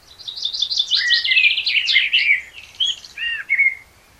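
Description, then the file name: Common blackbird song phrase opening with a rapid high twittering, then mellow whistled notes that come in short separate bursts toward the end. "Turdus merula"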